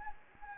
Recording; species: mosquito wingbeat signal from an infrared sensor; Anopheles gambiae